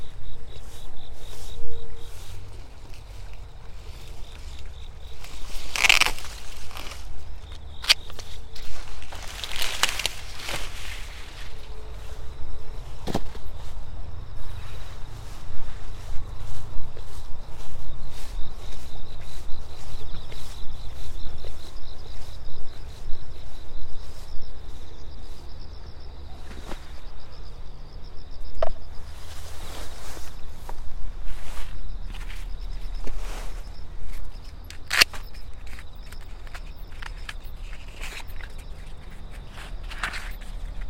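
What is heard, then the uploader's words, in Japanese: Autumn insects trill steadily in a high, thin line throughout while someone pushes through dry corn stalks to harvest. Rustling bursts and sharp snaps come, heaviest around 6, 10 and 30–36 seconds, over a faint low outdoor rumble. 午前中 秋虫の声とモチモロコシ収穫。ガサゴソわけ入り、モチモロコシ収穫(前半ちょっとマイクの線の調子が悪目ですが)。2mほどの背丈のもろこし畑に入り、実り具合を確かめ、もぎ取っていきます。秋虫の鳴き声が心地よい。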